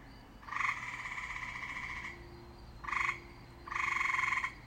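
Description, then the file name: Gray treefrog giving three pulsed, buzzy trills: a long one, a short one and another long one. "gray tree frogs michelle barnes"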